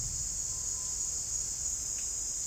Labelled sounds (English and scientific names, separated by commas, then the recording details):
none
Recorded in dense forest near Puerto Asís, Putumayo, Colombia, on 4 March 2025 at 16:30
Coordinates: 0.499, -76.324
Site GP03